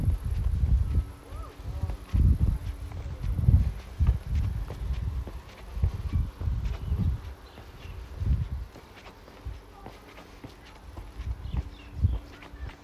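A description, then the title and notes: Walking outdoors in Modiin, Israel, with heavy, uneven low thuds roughly every second, strongest in the first half and thinning later. Sharp clicks and taps scatter throughout, and a faint steady high hiss runs underneath. City Park Sounds. Walking In Modiin, Israel.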